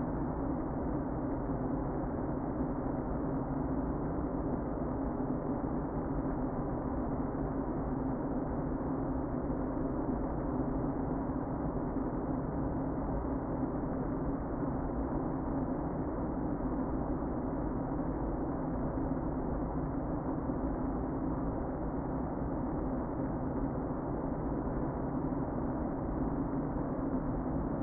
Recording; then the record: honeybee colony, microphone inside the hive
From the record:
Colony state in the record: queen present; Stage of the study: before two queens were removed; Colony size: about 60,000 bees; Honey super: yes